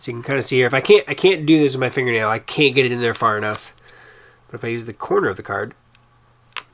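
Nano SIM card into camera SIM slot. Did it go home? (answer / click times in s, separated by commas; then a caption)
yes / 6.6 s. A nano SIM card is pushed into the spring-loaded SIM slot of a Reolink Go PT 4G LTE pan-tilt camera, using the corner of the SIM holder card because a fingernail can't push it in far enough. Someone talks through most of the clip, then after a short quiet stretch a sharp click is heard at 6.6 s as the SIM seats and sits flush, with fainter ticks around it.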